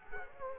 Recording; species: mosquito wingbeat signal from an infrared sensor; Culex quinquefasciatus